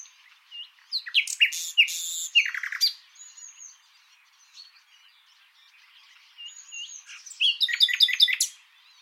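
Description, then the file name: Common nightingale song with a loud cluster of varied chirps and rattles early on, a quieter pause with thin whistles, then another burst of rapid notes. "Luscinia megarhynchos"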